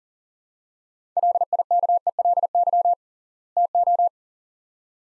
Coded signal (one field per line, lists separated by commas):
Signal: Morse code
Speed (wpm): 37 wpm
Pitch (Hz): 700 Hz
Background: none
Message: LIKELY TO